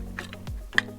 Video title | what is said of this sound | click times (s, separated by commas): Transformers Toys - Optimus Prime Bumblebee Megatron Dinobot Grimlock Toy Unboxing | so we throw it around and then it'll snap into place like so | 0.8 s